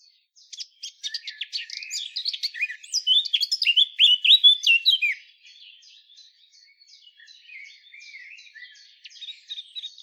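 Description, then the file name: Eurasian blackcap song: a loud, rich warble of fluty, sliding phrases for about five seconds, then a softer, rapid scratchy chatter of high notes. "Sylvia atricapilla"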